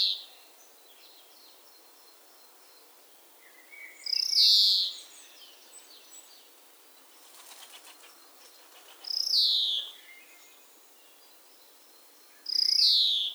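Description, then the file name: European greenfinch repeating a wheezy, buzzy call every few seconds. "Chloris chloris"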